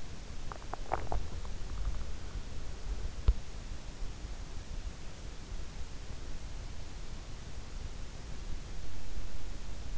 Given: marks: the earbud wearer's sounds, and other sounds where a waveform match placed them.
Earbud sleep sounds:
sounds in sleep by an in-ear microphone; swallowing
0.00-3.56 s: swallowing

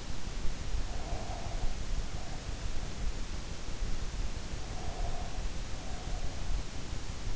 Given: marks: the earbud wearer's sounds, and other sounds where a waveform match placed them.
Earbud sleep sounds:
sounds in sleep by an in-ear microphone; breath
0.76-2.97 s: breath
4.57-6.68 s: breath

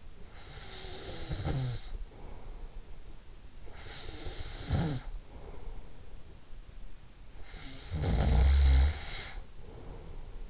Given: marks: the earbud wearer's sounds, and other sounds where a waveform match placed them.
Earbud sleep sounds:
sounds in sleep by an in-ear microphone; snoring breath
0.00-3.02 s: snoring breath
3.77-6.44 s: snoring breath
7.48-10.50 s: snoring breath

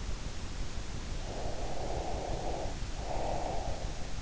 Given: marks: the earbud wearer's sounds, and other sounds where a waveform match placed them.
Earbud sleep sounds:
sounds in sleep by an in-ear microphone; breath
1.18-4.14 s: breath

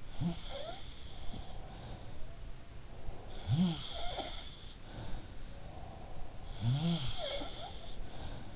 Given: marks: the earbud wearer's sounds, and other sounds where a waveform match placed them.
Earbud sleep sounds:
sounds in sleep by an in-ear microphone; breath
0.00-8.56 s: sound from someone else or the room
1.12-3.91 s: breath
5.36-8.56 s: breath

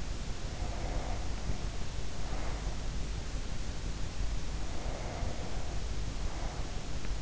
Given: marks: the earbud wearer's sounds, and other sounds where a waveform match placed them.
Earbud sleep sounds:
sounds in sleep by an in-ear microphone; breath
0.40-3.07 s: breath
4.56-7.22 s: breath

